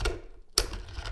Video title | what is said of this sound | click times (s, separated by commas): FeiyuTech AK2000S Setup, Tips, Balance and Review. EVERYTHING YOU NEED TO KNOW | it in like so make sure it clicks and then | 0.6 s